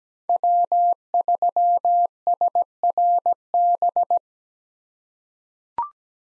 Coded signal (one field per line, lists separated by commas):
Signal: Morse code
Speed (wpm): 17 wpm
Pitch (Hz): 700 Hz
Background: none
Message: W3SRB